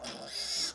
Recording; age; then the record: pig call; piglet (1 to 25 days)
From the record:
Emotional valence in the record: negative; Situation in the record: restrain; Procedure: sham castration, cut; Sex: male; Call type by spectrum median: high-frequency call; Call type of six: mixed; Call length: 0.75 s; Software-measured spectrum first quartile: 3446 Hz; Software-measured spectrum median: 4964 Hz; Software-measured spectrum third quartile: 5985 Hz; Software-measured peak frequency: 5438 Hz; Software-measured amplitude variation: 114 dB a second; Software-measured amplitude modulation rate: 24.7 a second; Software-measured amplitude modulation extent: 4.6 dB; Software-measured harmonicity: 2.5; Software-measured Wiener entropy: -1.71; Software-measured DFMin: 496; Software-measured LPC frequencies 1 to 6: 660, 1647, 2253, 3460, 4856, 5403 Hz